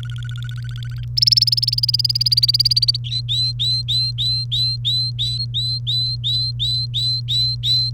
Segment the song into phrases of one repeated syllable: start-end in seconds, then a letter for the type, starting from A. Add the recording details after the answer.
0.00-1.04 A, 1.17-2.97 B, 3.04-7.90 C. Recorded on 1 May 2018 at 10:38. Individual llb3